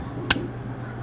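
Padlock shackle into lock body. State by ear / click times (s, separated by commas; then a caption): seated / 0.3 s. The shackle of an ABUS 24 Diskus steel disk padlock, made in Germany, is pressed into the lock body until it latches. A single sharp click sounds at 0.3 s over a steady low background hum. The padlock locks shut and stays closed.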